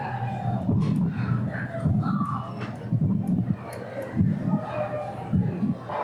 Here's a heartbeat after a heart attack. Sometimes there are sounds that signal heart abnormalities or damage.